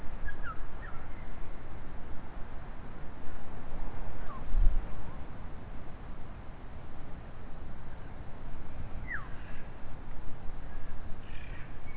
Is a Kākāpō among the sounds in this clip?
no